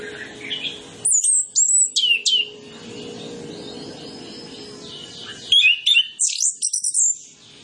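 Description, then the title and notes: Orange-headed Thrush song in two loud clusters of bright, sharply sliding whistles separated by a stretch of quieter bird chatter and a faint steady hum. Master training recording of full song with fill-in (isian) phrases, used as a lure so Orange-headed Thrushes quickly sing freely and fully (ngeplong). "Masteran Anis Kembang Full Isian Untuk Suara Pancingan Anis Kembang Agar Cepat Ngeplong. Suara Burung Anis Kembang"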